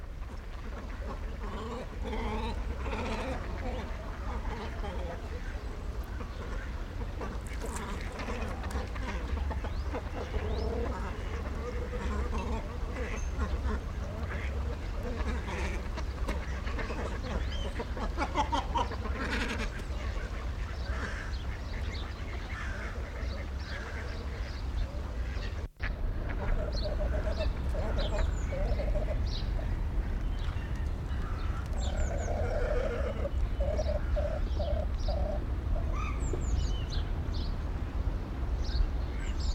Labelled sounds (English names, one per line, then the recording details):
Great Cormorant call
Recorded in captivity
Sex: female
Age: adult
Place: Zoo Berlin, Berlin, DE
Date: 1994-01-14 10:04
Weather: -1°C, heiter
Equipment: Marantz CP 430, Sennheiser ME 80, Kopie Uher Variocord 263
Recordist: Tembrock, Günter
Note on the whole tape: Laute in Frontalstellung mit Zweigübergabe und anderes Tier auf Nest (Duckstellung)